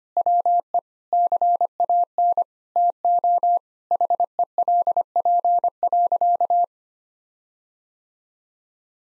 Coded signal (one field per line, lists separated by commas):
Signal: Morse code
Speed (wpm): 25 wpm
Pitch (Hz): 700 Hz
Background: none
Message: WE CAN TO HELP.